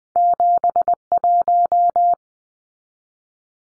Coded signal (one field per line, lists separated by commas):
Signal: Morse code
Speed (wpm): 20 wpm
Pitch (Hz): 700 Hz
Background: none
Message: 71